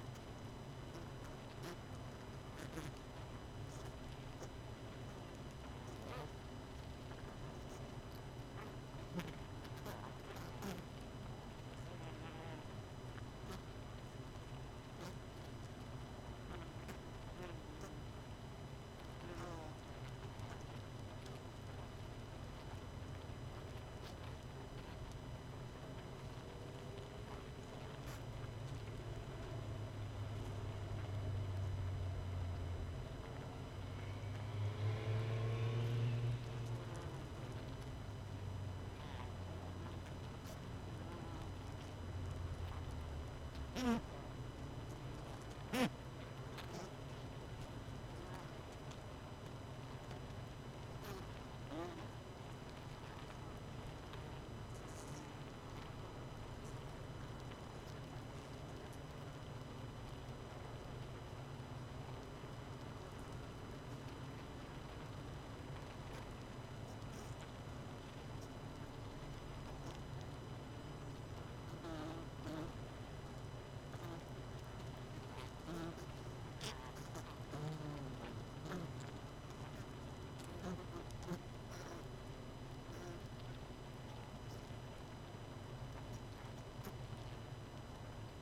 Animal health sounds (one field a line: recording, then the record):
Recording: honeybee colony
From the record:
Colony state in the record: missing queen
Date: 31 May 2018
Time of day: 20:25